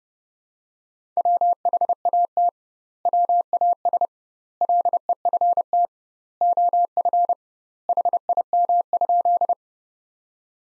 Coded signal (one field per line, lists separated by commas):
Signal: Morse code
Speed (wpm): 30 wpm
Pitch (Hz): 700 Hz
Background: none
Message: WHAT WAS LEFT OF HIM?